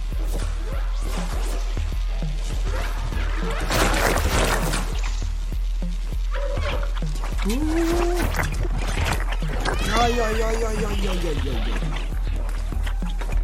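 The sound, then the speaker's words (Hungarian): A video game cat meows a few times, with short, high, wavering cries that rise and fall in pitch, amid busy clattering game sounds and bursts of noise. “szerintem hallotta a kis nyávogásokat.”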